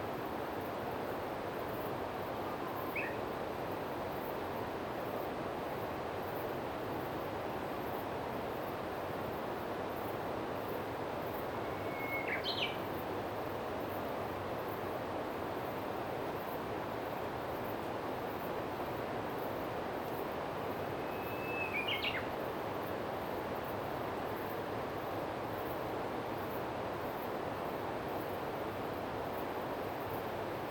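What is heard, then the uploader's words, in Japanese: A Japanese bush warbler sings from nearby woods: a held whistle breaking into a quick rising flourish, heard around 12 and 22 seconds, with a brief chirp near 3 seconds. A steady, dense roar, like traffic or rushing water, fills the background throughout. 7月のホーホケキョ。すぐそばの林から、「ホーホケキョ」というウグイスの鳴き声が。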